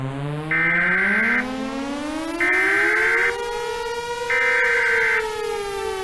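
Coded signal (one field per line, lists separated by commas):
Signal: Emergency Alert System (SAME) tones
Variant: header bursts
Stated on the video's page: Fictional EAS scenario, simulated alert.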